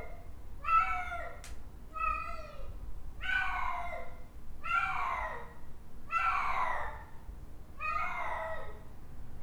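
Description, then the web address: Domestic cat giving six falling miaows, with a single sharp click early on and a low background hum. "animals cats charliemidi miaow"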